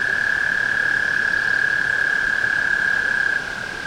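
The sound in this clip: Tree frog giving a long, unbroken high trill that weakens near the end.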